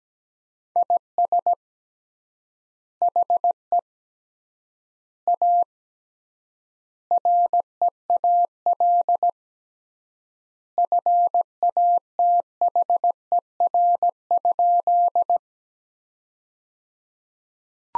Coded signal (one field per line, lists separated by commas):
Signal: Morse code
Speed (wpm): 17 wpm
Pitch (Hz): 700 Hz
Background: none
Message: IS HE A REAL FATHER?